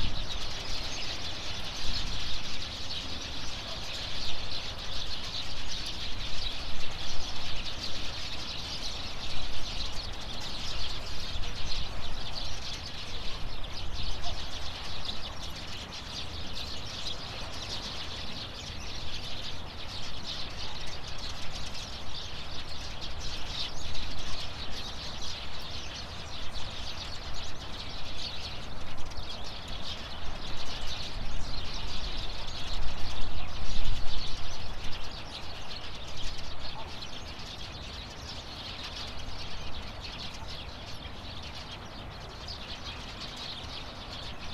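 Shore birds on Gujia Island chirp and call through a dense, steady wash of bright high-pitched sound that runs the whole time. A low rumbling noise sits underneath, and the overall level swells and eases slightly, peaking around the thirty-five second mark.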